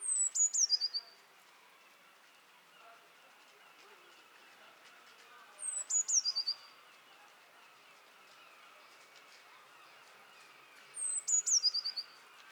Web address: SETE Cyanistes caeruleus